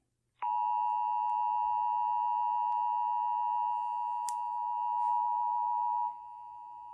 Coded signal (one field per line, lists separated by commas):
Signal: Emergency Alert System (SAME) tones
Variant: 853 and 960 Hz attention tone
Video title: A NASHVILLE STORMS... EAS Alerts from 3/19/25 (EAS#3,110 - #3,114)